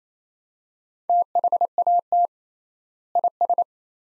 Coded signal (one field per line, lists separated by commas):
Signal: Morse code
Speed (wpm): 28 wpm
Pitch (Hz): 700 Hz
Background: none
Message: THAT IS